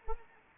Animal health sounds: mosquito wingbeat signal from an infrared sensor; Anopheles arabiensis

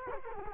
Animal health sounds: mosquito wingbeat signal from an infrared sensor; Culex quinquefasciatus

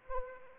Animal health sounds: mosquito wingbeat signal from an infrared sensor; Anopheles arabiensis

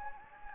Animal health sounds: mosquito wingbeat signal from an infrared sensor; Anopheles gambiae

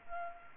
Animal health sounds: mosquito wingbeat signal from an infrared sensor; Culex pipiens

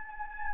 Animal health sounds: mosquito wingbeat signal from an infrared sensor; Anopheles gambiae

